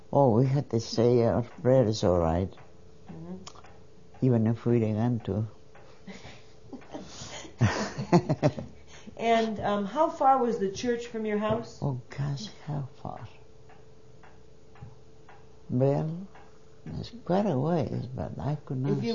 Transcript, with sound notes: Oh, we had to say our prayers all right, you even if we to. ( they laugh )
And how far was the church from your house?
Oh, gosh, how far? Well, it was quite a ways, but I could not...